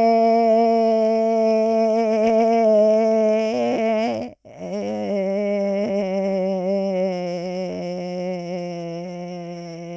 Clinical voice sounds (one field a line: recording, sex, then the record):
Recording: sustained vowel /e/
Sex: female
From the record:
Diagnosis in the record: Parkinson's disease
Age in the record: 65 years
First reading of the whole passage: 242 s, 2.1 characters per second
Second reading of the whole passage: 180 s, 2.9 characters per second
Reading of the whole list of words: 168 s, 1.7 characters per second